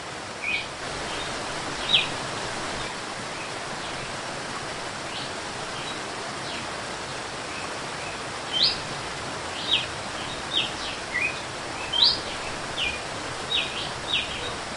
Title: Canto Galo Campina Fêmea 01. GALO de CAMPINA cantando açoite flauteado